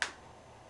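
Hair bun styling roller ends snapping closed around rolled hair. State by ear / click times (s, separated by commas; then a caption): seated / 0.0 s. A foam-and-plastic hair bun styling roller, with hair rolled down onto it, has its ends pulled around and snapped shut. A single sharp, bright snap sounds at 0.0 s and quickly fades into quiet background hiss. The roller closes securely around the rolled hair.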